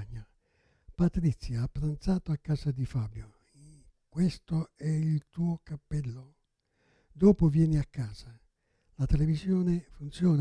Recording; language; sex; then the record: read phrases; Italian; male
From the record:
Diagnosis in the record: Parkinson's disease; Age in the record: 77 years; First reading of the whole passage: 65 s, 8.0 characters per second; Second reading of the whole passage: 61 s, 8.5 characters per second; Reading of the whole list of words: 50 s, 5.6 characters per second